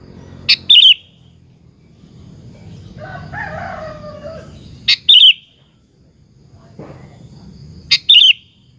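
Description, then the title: Sooty-headed bulbul song: three short bubbly whistled phrases, each after a sharp click, repeated roughly every three to four seconds over low rumbling noise. "Kutilang"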